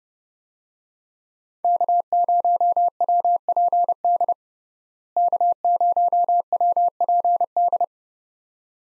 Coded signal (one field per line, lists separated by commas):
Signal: Morse code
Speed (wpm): 32 wpm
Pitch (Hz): 700 Hz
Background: none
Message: K0WPD K0WPD